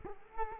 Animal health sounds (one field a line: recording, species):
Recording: mosquito wingbeat signal from an infrared sensor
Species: Culex quinquefasciatus